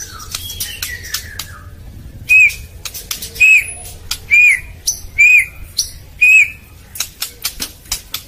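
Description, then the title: White-rumped shama song: five clear arched whistled notes given roughly once a second, among frequent sharp clicking sounds. Masteran (tutor recording) for training caged birds. "MASTERAN MURAI BATU LABAIK"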